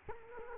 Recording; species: mosquito wingbeat signal from an infrared sensor; Culex quinquefasciatus